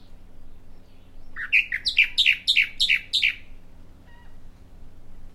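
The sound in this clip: Bahama mockingbird song: a quick sequence of several rough, downslurred notes repeated steadily for about two seconds, then quiet with a faint low hum.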